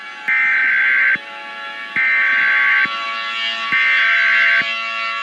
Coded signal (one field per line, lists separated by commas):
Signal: Emergency Alert System (SAME) tones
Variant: header bursts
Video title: EAS Scenario - Overdue Solar Strike